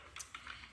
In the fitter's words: notches there to know where those little Parts go that just locks into place there